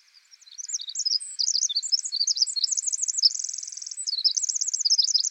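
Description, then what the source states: Pacific wren, an energetic song of very high, fast tumbling notes with a short, dense buzzing trill near the middle. Very loud, lively and incessantly vocal, with unique vocalizations.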